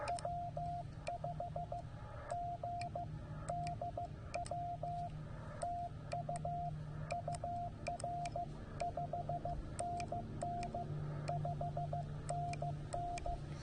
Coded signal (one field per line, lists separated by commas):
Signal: Morse code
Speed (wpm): 15 wpm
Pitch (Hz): 690 Hz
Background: radio noise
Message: W5GDW TU UR 5NN 5NN